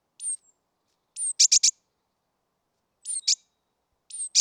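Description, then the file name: Great tit calls: a very high thin note sliding gently down, at times followed by a quick burst of short, sharp, clipped notes, repeated with pauses between. "Parus major"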